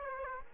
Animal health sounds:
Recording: mosquito wingbeat signal from an infrared sensor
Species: Aedes aegypti

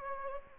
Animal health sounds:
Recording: mosquito wingbeat signal from an infrared sensor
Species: Anopheles gambiae

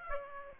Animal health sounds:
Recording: mosquito wingbeat signal from an infrared sensor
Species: Aedes aegypti

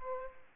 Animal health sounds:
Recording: mosquito wingbeat signal from an infrared sensor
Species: Aedes aegypti

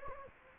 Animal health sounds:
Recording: mosquito wingbeat signal from an infrared sensor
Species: Anopheles gambiae

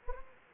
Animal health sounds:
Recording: mosquito wingbeat signal from an infrared sensor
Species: Anopheles gambiae

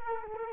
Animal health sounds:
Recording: mosquito wingbeat signal from an infrared sensor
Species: Culex quinquefasciatus

